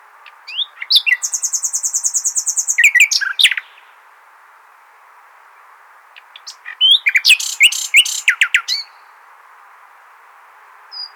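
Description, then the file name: Common nightingale song: a high rapid trill of repeated notes ending in sharp chirps, silence, then a second phrase of quick varied notes and descending strokes. "Luscinia megarhynchos"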